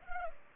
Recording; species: mosquito wingbeat signal from an infrared sensor; Culex pipiens